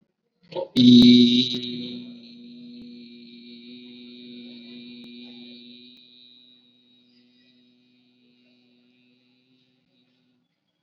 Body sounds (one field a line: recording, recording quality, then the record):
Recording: sustained vowel as in beet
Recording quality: excellent, no background noise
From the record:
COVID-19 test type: RT-PCR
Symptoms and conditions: fever, muscle pain, another condition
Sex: male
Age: 18 years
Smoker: no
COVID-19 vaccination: both doses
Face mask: worn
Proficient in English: yes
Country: India